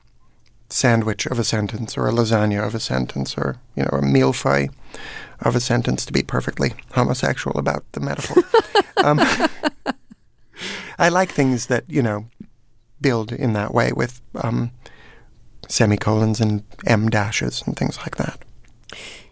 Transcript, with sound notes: sandwich of a sentence of or a lasagna of a sentence or, you know, or a neophyte of a sentence, to be perfectly homosexual about the metaphor.
(LAUGHTER)
I like things that, you know, build in that way with semi-colons and em-dashes and things like that.